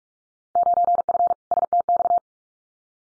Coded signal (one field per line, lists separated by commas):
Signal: Morse code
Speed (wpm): 44 wpm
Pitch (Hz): 700 Hz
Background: none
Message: 9F STX